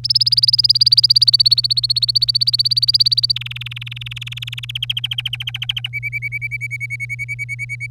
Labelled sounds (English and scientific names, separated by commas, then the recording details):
Domestic Canary (Serinus canaria) song
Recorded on 25 April 2018 at 07:45
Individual llb3